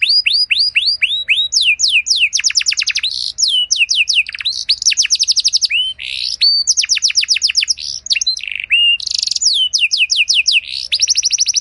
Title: Canto Para Esquentar Canário Belga. Suara Burung Kenari Lagu dan Cengkok Mewah Buat Kenari Lain Bakal Langsung Nyaut Gacor Panjang